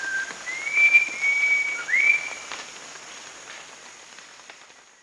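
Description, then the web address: Rufous-crowned babbler giving a pure whistled phrase: a short low note, then long steady higher whistles ending in an upslurred note, over a constant high insect hum. Recorded at Danum on 1 March 2008. "DANUM 20080301. rufous-crowned babbler"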